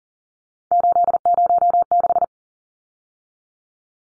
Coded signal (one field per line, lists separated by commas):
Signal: Morse code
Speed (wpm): 40 wpm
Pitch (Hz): 700 Hz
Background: none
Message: 806